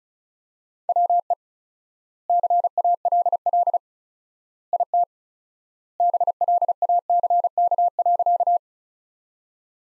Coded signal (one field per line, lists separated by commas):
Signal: Morse code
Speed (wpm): 36 wpm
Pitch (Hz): 700 Hz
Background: none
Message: WE CALL IT BLACK.